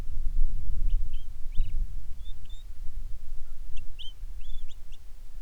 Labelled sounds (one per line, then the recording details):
bird
wind
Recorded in the Prudhoe Bay oil fields, Alaska, on 10 July 2019 at 10:01
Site 11